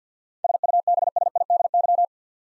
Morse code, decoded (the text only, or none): SUBSIDY